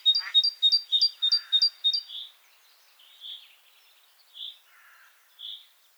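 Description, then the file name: Great tit song: a fast run of bright two-note phrases, followed by scattered single high notes and soft buzzy calls. "Parus major"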